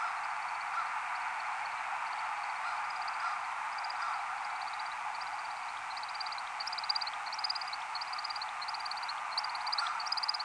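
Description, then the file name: American woodcock twittering in display flight, faint high chirps at first that swell into louder quick bursts toward the end, over continuous hissing background noise. Skydance display flight, recorded 30 March at 6:20 am. "AMWO-skydance-30-Mar-6-20 am"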